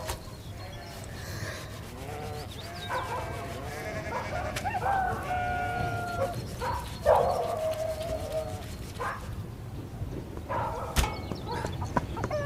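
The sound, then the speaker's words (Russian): A ram bleats in distress, letting out several strained, wavering cries with a few sharp gasps in between, over a steady low rumble while it is being slaughtered. “С ужасом смотрит на …, режущего барана.”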